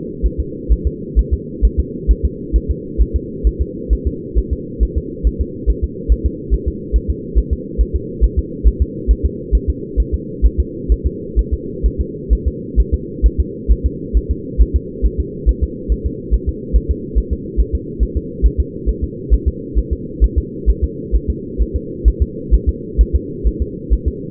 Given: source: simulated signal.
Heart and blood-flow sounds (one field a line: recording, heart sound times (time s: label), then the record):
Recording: fetal heart sounds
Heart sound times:
0.26 s: S1
0.40 s: S2
0.72 s: S1
0.87 s: S2
1.19 s: S1
1.33 s: S2
1.65 s: S1
1.80 s: S2
2.11 s: S1
2.25 s: S2
2.56 s: S1
2.70 s: S2
3.01 s: S1
3.16 s: S2
3.47 s: S1
3.61 s: S2
3.93 s: S1
4.07 s: S2
4.38 s: S1
4.53 s: S2
4.83 s: S1
4.98 s: S2
5.27 s: S1
5.41 s: S2
5.70 s: S1
5.84 s: S2
6.12 s: S1
6.26 s: S2
6.54 s: S1
6.68 s: S2
6.96 s: S1
7.10 s: S2
7.38 s: S1
7.53 s: S2
7.81 s: S1
7.96 s: S2
8.24 s: S1
8.39 s: S2
8.67 s: S1
8.82 s: S2
9.11 s: S1
9.25 s: S2
9.55 s: S1
9.69 s: S2
10.00 s: S1
10.14 s: S2
10.46 s: S1
10.60 s: S2
10.92 s: S1
11.06 s: S2
11.39 s: S1
11.53 s: S2
11.86 s: S1
12.01 s: S2
12.33 s: S1
12.47 s: S2
12.80 s: S1
12.94 s: S2
13.26 s: S1
13.40 s: S2
13.72 s: S1
13.86 s: S2
14.17 s: S1
14.31 s: S2
14.61 s: S1
14.76 s: S2
15.05 s: S1
15.20 s: S2
15.49 s: S1
15.63 s: S2
15.92 s: S1
16.06 s: S2
16.34 s: S1
16.49 s: S2
16.76 s: S1
16.91 s: S2
17.18 s: S1
17.33 s: S2
17.60 s: S1
17.75 s: S2
18.03 s: S1
18.17 s: S2
18.46 s: S1
18.60 s: S2
18.89 s: S1
19.04 s: S2
19.33 s: S1
19.48 s: S2
19.78 s: S1
19.93 s: S2
20.24 s: S1
20.38 s: S2
20.69 s: S1
20.84 s: S2
21.15 s: S1
21.30 s: S2
21.61 s: S1
21.76 s: S2
22.08 s: S1
22.22 s: S2
22.54 s: S1
22.69 s: S2
23.01 s: S1
23.15 s: S2
23.47 s: S1
23.62 s: S2
23.93 s: S1
24.08 s: S2
From the record:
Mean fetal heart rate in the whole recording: 135 bpm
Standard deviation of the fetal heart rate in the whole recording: 3 bpm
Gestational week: 34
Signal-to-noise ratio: -4.1 dB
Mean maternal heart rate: no maternal heart sound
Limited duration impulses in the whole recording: absent